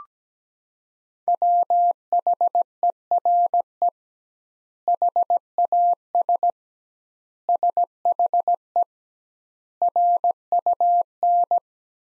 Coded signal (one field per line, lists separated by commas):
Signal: Morse code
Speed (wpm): 17 wpm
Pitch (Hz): 700 Hz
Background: none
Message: WHERE HAS SHE RUN